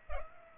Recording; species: mosquito wingbeat signal from an infrared sensor; Culex pipiens